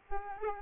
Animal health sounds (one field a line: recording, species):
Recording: mosquito wingbeat signal from an infrared sensor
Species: Aedes aegypti